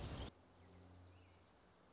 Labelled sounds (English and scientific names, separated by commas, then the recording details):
Dark-eyed Junco (Junco hyemalis)
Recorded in Sonoma County, California